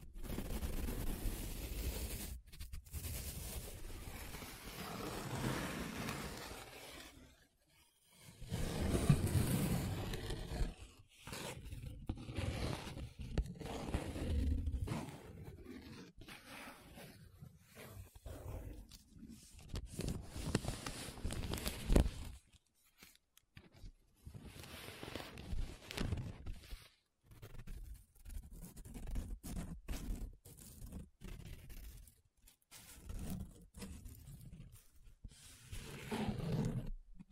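Paper being rubbed and scratched in uneven bursts, short rough strokes broken by brief silences, with a louder, fuller rubbing stretch near nine seconds.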